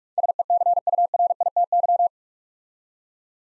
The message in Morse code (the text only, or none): SECURITY